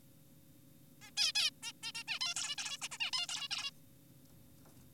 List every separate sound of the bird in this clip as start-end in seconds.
1.02-1.11, 1.17-1.32, 1.35-1.51, 1.63-1.72, 1.83-1.92, 1.95-2.03, 2.08-2.19, 2.21-2.35, 2.36-2.56, 2.58-2.78, 2.82-2.88, 2.91-2.98, 3.00-3.11, 3.13-3.27, 3.29-3.49, 3.51-3.71